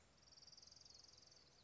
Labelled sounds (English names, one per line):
Orange-crowned Warbler